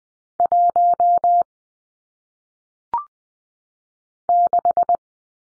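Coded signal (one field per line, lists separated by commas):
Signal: Morse code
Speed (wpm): 20 wpm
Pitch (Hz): 700 Hz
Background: none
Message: 1 6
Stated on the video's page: Morse practice drill of single-digit numbers at 20 wpm for head-copy, each sent in Morse, spoken, then sent again.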